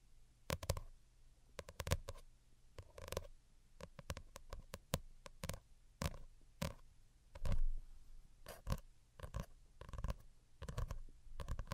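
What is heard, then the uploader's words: Delicate tapping comes in short, crisp clusters of quick taps, with small pauses between groups and an uneven rhythm throughout. The taps are sharp and bright, some slightly louder than others, over a faint low hum that stays steady underneath. Most Delicate and Calming Tapping.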